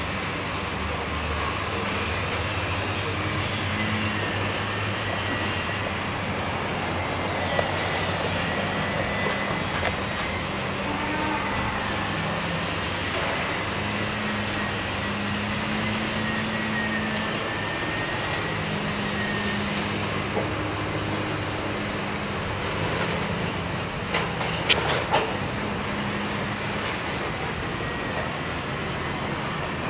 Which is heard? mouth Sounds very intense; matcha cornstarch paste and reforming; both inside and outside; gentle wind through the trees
both inside and outside